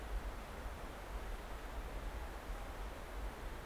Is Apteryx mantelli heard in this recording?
no